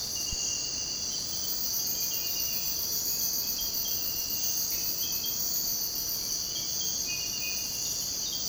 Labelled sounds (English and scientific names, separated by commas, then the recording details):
none
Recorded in secondary vegetation near Puerto Asís, Putumayo, Colombia, on 29 June 2025 at 05:30
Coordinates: 0.484, -76.319
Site G074